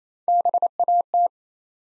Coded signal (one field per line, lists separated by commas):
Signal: Morse code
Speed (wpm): 27 wpm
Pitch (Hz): 700 Hz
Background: none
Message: BAT